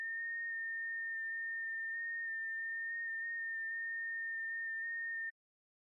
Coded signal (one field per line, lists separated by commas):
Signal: FT8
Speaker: working a little 6 meter magic band. And hey, NM5V, thanks for the contact.